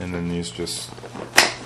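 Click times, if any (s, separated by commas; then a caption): 1.4 s. Someone talks as an integrated weight pocket is pushed into its slot on a Sherwood Avid Phantom scuba BCD jacket, size 2XL. It latches with a sharp plastic snap at 1.4 s, and the pocket is seated.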